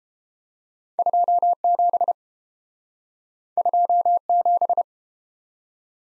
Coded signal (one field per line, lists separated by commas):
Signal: Morse code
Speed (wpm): 30 wpm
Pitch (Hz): 700 Hz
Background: none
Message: 27 27